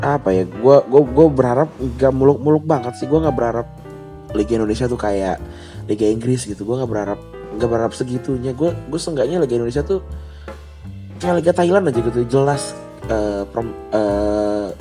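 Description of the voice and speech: An adult man talks casually in Indonesian at a moderate pace, repeating short words two or three times ("gue gue gue"), with drawn-out "uh" fillers and hesitant pauses. These are mild stuttering disfluencies, mostly whole-word repetitions, within otherwise fluent speech.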